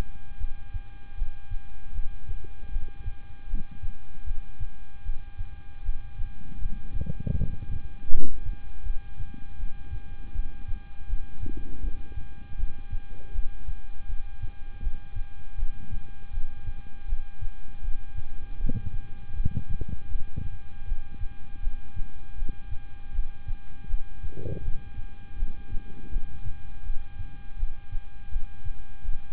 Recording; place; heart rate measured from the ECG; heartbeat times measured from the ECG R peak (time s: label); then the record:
heart sounds by stethoscope; between the tricuspid and mitral areas; 80 bpm
0.38 s: heartbeat
1.15 s: heartbeat
1.92 s: heartbeat
2.70 s: heartbeat
3.47 s: heartbeat
4.24 s: heartbeat
5.02 s: heartbeat
5.82 s: heartbeat
6.58 s: heartbeat
7.35 s: heartbeat
8.10 s: heartbeat
8.83 s: heartbeat
9.57 s: heartbeat
10.32 s: heartbeat
11.07 s: heartbeat
11.81 s: heartbeat
12.56 s: heartbeat
13.32 s: heartbeat
14.06 s: heartbeat
14.80 s: heartbeat
15.56 s: heartbeat
16.31 s: heartbeat
17.06 s: heartbeat
17.81 s: heartbeat
18.58 s: heartbeat
19.33 s: heartbeat
20.08 s: heartbeat
20.85 s: heartbeat
21.60 s: heartbeat
22.35 s: heartbeat
23.12 s: heartbeat
23.87 s: heartbeat
24.61 s: heartbeat
25.36 s: heartbeat
26.09 s: heartbeat
26.83 s: heartbeat
27.56 s: heartbeat
28.29 s: heartbeat
29.02 s: heartbeat
From the record:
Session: rest, lying down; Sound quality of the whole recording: good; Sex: male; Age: 26 years